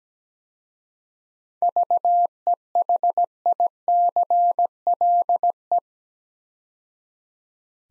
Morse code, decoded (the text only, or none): VEHICLE